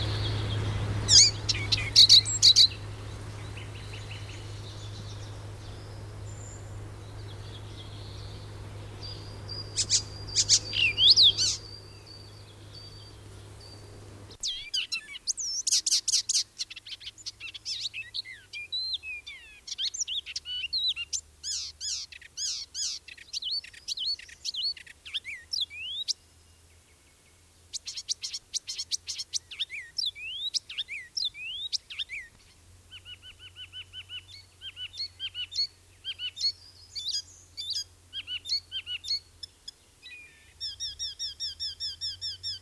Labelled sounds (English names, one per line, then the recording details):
Icterine Warbler song
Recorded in the wild
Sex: male
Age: adult
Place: Schweinfurt, Bayern, DE
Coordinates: 50.0472, 10.2508
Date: 1964-06-05
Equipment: Original, Vollspur
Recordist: Tretzel, Erwin